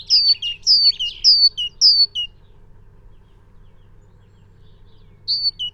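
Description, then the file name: Great tit song of four quick two-note phrases, high and slurred then lower, followed by silence and a single final phrase. "Parus major"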